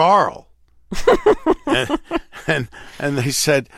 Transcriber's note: laughter